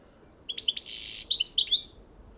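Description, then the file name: European goldfinch twittering: a quick run of bright, tinkling chirps with a short buzzy burst in the middle, lasting about one and a half seconds in a quiet background. "Carduelis carduelis"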